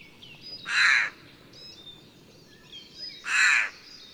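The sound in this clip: Eurasian jay making two grating, rasping screeches about two and a half seconds apart, with faint high chirps of other birds in between.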